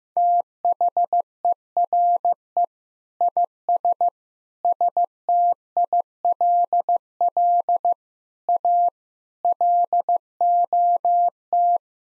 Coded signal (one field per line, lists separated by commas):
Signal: Morse code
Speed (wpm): 15 wpm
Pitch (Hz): 700 Hz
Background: none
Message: THERE IS STILL A LOT